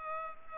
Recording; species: mosquito wingbeat signal from an infrared sensor; Culex pipiens